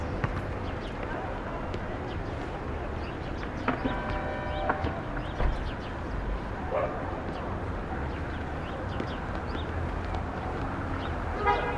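Traffic noise from a Brooklyn rooftop at Starr Street and Irving Avenue, a steady low rumble of passing vehicles throughout. A car horn toots for about a second near four seconds, with shorter horn-like blips around seven and at the very end, plus faint voices.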